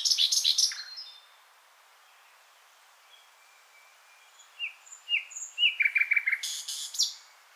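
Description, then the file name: Common nightingale song: a harsh rattling burst, a long pause with faint high whistles, then slurred notes leading into a rapid buzzy trill. "Luscinia megarhynchos"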